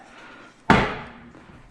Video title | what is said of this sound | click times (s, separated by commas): Convenience Concepts Xtra Folding Desk with Charging Station Setup And Review | that locked in place | 0.7 s